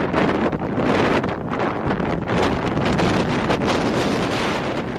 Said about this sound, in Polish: Jest to wiatr fenowy, wiejący z kierunków południowych.